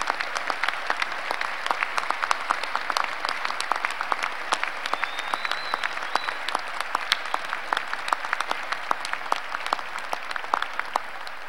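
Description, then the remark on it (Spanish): Sustained applause from an audience, a dense, steady patter of many hands clapping at an even level for the whole stretch, with a faint whistle rising briefly partway through. “Para ellas y ellos pido un gran aplauso de reconocimiento, porque son la fuente de todo lo que nos moviliza e inspira hoy día.”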